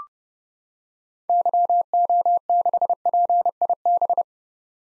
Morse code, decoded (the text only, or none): YO6PIB